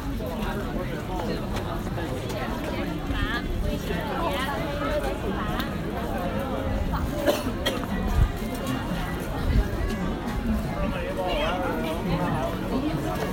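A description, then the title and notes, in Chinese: A crowd on Nanluoguxiang, with many voices talking over one another in a steady, dense murmur. Individual voices rise briefly out of the babble, and a few sharp knocks or clicks stand out around eight and ten seconds. 声音来自南锣鼓巷。南锣鼓巷是一条胡同，位于北京中轴线东侧的交道口地区。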